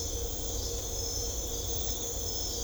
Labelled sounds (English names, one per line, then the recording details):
none
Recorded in secondary vegetation near Puerto Asís, Putumayo, Colombia, on 21 December 2024 at 03:00
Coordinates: 0.500, -76.326
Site G065